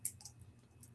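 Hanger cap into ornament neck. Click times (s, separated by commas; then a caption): 0.1 s. The hanger cap is pressed into the neck of an ornament filled with sheet music and snaps into place with a sharp click at 0.1 s. Fainter ticks follow at about 0.2 and 0.3 s. The cap is seated.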